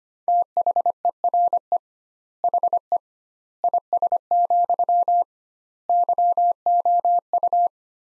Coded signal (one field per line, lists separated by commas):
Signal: Morse code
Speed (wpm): 25 wpm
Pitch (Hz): 700 Hz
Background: none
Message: THERE HE IS, YOU